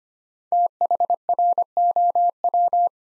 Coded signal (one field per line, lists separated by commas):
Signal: Morse code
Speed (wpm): 25 wpm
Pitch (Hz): 700 Hz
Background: none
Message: THROW